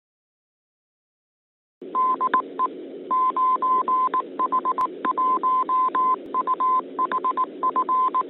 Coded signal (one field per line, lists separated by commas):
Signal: Morse code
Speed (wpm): 18 wpm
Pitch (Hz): 1030 Hz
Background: none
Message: DE 9H1UHF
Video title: 35. 9H-HAM GlobalNet - Main topic: Open [21 Jul 2022]